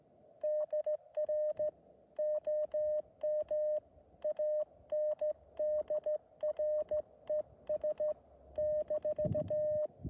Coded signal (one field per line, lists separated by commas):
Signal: Morse code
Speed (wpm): 19 wpm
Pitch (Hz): 610 Hz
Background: none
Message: DR OM ANDRES -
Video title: 14MHZ QRP CW /p 2Watts